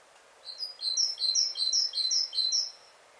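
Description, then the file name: Great tit song: a quick run of several paired high notes, lower then higher, against a faint steady hiss. "Parus major"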